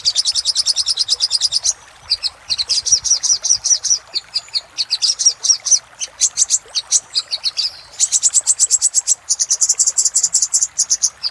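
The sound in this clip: Little spiderhunter song of rapid, high-pitched notes poured out in long rattling strings with occasional brief breaks.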